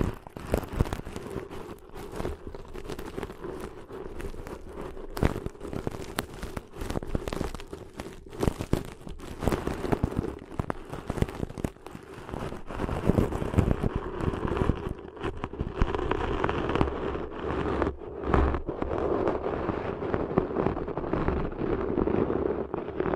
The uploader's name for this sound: Deep 3D Ear Cleaning Intense & Realistic